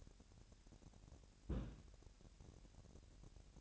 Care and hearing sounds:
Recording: daily activity, microphone in the room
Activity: place on stove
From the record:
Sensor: 2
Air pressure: 1011.9 hPa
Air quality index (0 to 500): 188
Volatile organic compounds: 3 ppm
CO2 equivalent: 1339 ppm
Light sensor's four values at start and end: 72/170/69/66 and 72/170/69/66

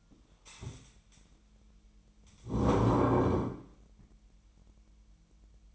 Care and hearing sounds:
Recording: daily activity, microphone in the room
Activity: stand up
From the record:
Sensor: 1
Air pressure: 1002.0 hPa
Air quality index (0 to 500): 242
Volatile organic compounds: 104 ppm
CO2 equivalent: 3784 ppm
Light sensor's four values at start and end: 10/24/10/11 and 10/24/10/11

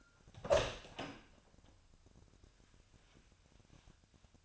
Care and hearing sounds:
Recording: daily activity, microphone in the room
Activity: open door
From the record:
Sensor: 2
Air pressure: 1007.2 hPa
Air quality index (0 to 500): 188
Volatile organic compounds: 11 ppm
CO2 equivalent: 2300 ppm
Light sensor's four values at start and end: 10/23/10/10 and 10/24/10/10

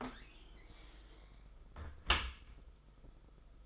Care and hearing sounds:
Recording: daily activity, microphone in the room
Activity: close dishwasher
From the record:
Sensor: 5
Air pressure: 991.5 hPa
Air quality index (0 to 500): 118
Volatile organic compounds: 38 ppm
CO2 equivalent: 3122 ppm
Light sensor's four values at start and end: 40/126/48/51 and 40/125/48/51

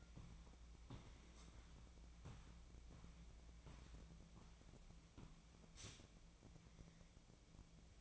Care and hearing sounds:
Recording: daily activity, microphone in the room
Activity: walk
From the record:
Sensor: 1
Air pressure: 1012.2 hPa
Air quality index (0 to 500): 177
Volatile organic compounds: 3 ppm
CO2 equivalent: 1453 ppm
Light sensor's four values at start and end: 47/126/51/63 and 45/123/50/61

